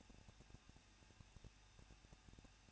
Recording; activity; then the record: daily activity, microphone in the room; no activity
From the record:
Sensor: 2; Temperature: 21.0 degrees Celsius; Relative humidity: 37.4%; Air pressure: 1006.2 hPa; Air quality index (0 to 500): 221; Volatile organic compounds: 24 ppm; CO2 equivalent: 2797 ppm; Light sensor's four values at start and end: 2/3/2/2 and 2/3/2/2